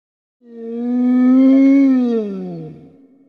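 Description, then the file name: Wolf howl, a single deep, smooth tonal call that swells, holds steady and slowly falls away over about three seconds. "audio hero Wolf"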